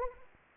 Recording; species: mosquito wingbeat signal from an infrared sensor; Anopheles arabiensis